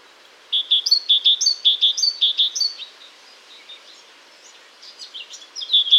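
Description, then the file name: Great tit song: a clear two-note phrase repeated several times, a quieter stretch of faint chirps, then a final louder burst. "Parus major"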